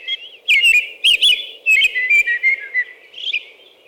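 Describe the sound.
American robin song, a continuous string of rich whistled phrases with slurred up-and-down notes and a few thin high squeaks, fading at the end.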